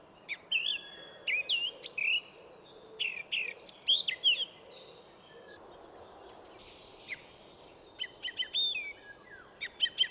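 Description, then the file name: Eurasian blackcap singing several short warbled phrases of clear whistled notes, with a pause midway, then quick high notes. "Sylvia atricapilla"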